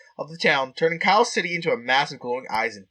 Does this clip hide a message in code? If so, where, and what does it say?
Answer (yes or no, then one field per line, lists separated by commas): no